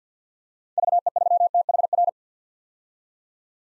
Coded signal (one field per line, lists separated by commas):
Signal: Morse code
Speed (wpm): 50 wpm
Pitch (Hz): 700 Hz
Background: none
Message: VE3THR